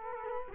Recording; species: mosquito wingbeat signal from an infrared sensor; Culex quinquefasciatus